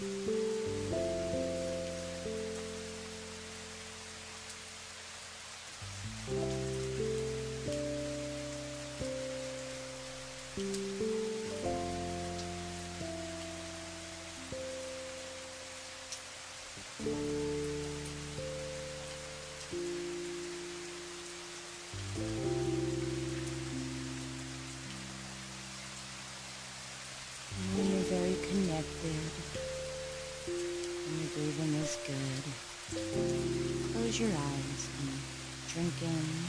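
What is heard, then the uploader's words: Steady rain hiss runs beneath low sustained musical chords that shift every few seconds, with a busier, brighter passage near thirty seconds. Healing rain water.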